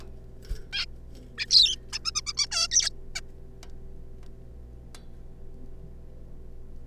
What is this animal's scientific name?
Taeniopygia guttata